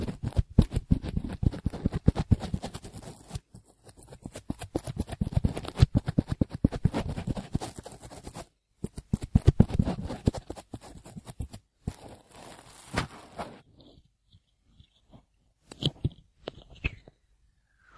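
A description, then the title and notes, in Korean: Ear cleaning, with dense crackling, scratching rubs and rapid clicks that swell and fade in bursts. The sound cuts out briefly near 8.5 and 11.5 seconds, then thins after about 13.5 seconds into scattered soft pops and brief scrapes with silence between. 귀청소.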